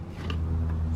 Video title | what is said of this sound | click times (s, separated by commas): 2013-2018 Toyota Rav4 - Front Side Marker Light Bulb Replacement | and turn it a quarter turn clockwise to lock that back into place | 0.3 s